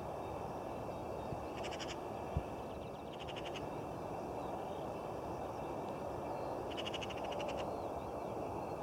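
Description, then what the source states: Eurasian magpie chattering: three dry, rapid rattling bursts over a constant loud rushing background noise. Elegant bird with an unpleasant song.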